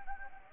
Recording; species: mosquito wingbeat signal from an infrared sensor; Anopheles gambiae